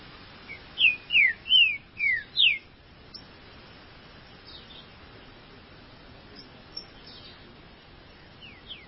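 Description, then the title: Green-winged saltator song: five loud, clear whistled notes sliding downward in quick succession, followed by a few faint, scattered notes over steady background hiss. "Trinca Ferro"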